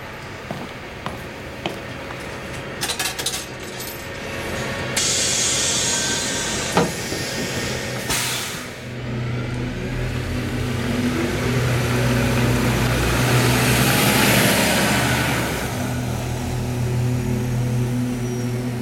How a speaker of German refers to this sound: Gut. Dein Bus. Ja.